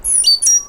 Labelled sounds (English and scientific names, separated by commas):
Stitchbird (Notiomystis cincta) song